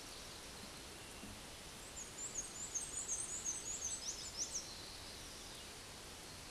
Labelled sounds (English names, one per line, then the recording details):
Black-and-white Warbler song
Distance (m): 45 m
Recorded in a Pennsylvania forest on 17 May 2023 at 12:11
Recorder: AudioMoth, point grid1_29_low
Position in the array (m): 76 m, 97 m